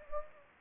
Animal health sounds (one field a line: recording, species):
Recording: mosquito wingbeat signal from an infrared sensor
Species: Anopheles gambiae